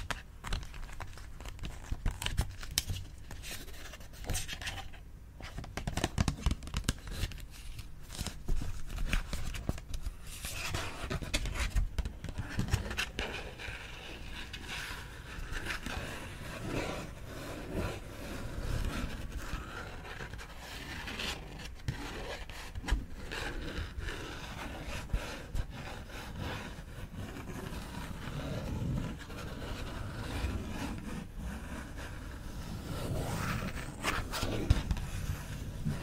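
Pages of a book rustle and scrape continuously, with frequent sharp flicks and papery rubs, a brief pause near five seconds, and crisp turns toward the end.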